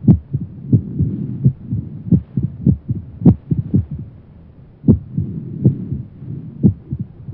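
Low, dull heart thumps through a stethoscope come at uneven intervals, with clusters of closely spaced beats and then a pause of nearly a second. This irregularly irregular rhythm is the typical sound of atrial fibrillation, a chaotic rhythm of the upper heart chambers.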